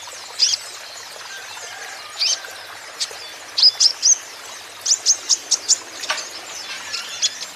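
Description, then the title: Van Hasselt's sunbird song: spaced high sharp notes, then a quick burst of repeated chips, with hiss in the background. Green-plumaged (ijoan) bird singing actively (gacor); song used as a lure and therapy to prompt caged Van Hasselt's sunbirds to sing in reply. "KOLIBRI NINJA KONIN IJOAN GACOR COCOK UNTUK PANCINGAN TERAPI KONIN BAHAN PASTI NYAUT"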